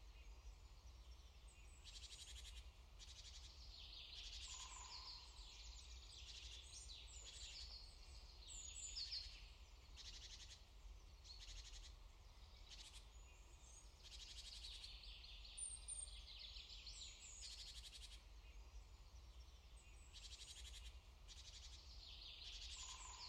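Birds chirp steadily through an early morning, with many thin, bright calls overlapping and repeating every second or two. A low, constant rumble sits underneath throughout, and a brief mid-pitched whistle stands out around five seconds and again near the end.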